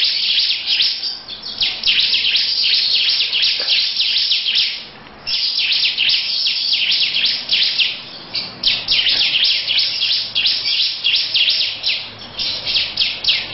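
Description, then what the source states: Lovebird song: dense, continuous high chattering with fast overlapping chirps, pausing briefly midway before resuming. Long 'ngekek' song.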